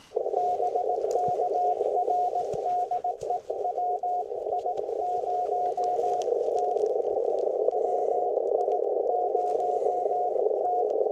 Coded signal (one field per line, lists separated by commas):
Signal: Morse code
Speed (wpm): 18 wpm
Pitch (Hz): 720 Hz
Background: radio noise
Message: BK R DE WI0T WI0T